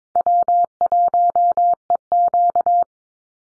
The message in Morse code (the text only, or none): W1EQ